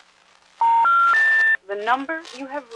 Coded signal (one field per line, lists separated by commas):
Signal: telephone call progress tone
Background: speech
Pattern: special information tone